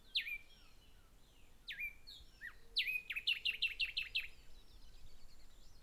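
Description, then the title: Bird song: a few falling whistles, then a fast string of several bright descending chirps, with softer high notes after. Birds singing at Hato Corozal, Casanare, Colombia. "Hato Corozal, Casanare, Colombia - Aves Cantando"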